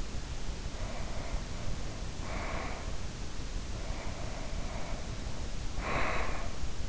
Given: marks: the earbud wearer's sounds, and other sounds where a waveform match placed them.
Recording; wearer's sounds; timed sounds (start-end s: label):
sounds in sleep by an in-ear microphone; breath
0.42-3.20 s: breath
3.61-6.83 s: breath